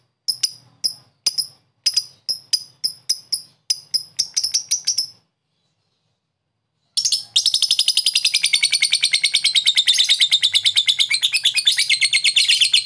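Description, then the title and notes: Lovebird starting with a series of separate piercing high chips that quicken, falling silent for two seconds, then breaking into a long, dense, shrill chattering rattle. Lovebird 'ngetik' and long 'ngekek' chatter, played as a training recording for pet birds. "Love bird ngetik ngekek. #lovebirdngekekpanjang. suara burung untuk masteran burung burung anda"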